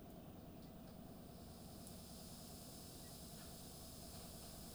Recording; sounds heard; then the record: poultry house recording; no chicken sound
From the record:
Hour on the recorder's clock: 2